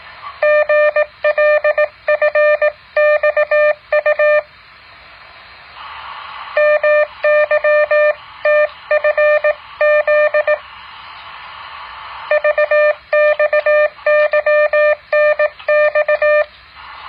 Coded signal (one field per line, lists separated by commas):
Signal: Morse code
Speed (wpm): 18 wpm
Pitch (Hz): 600 Hz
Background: none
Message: GLFXU MYTFZ VXYNX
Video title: แบบฝึกหัด Morse code 10.6